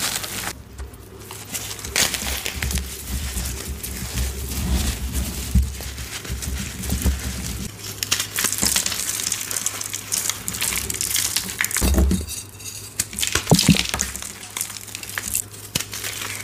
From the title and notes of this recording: Exploding Gym Chalk Bombs Overload. ASMR Crushing dyed gym chalk bombs filled with soap, glitter, powder and more!